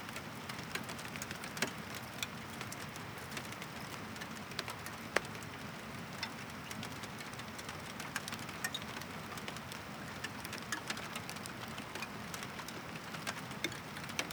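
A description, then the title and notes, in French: Rain falls steadily on a frozen pond, a dense, even patter of fine drops ticking against the ice throughout. Sharper clicks and small cracks pop out irregularly, with a clearer crack around five seconds, over a soft low murmur underneath. Il pleut sur la glace. Etang de Jonchère - Nagra seven - mkh40. La glace emprisonne une grande partie de l'étang et régulièrement des craquements secs résonnent car l'eau baisse doucement.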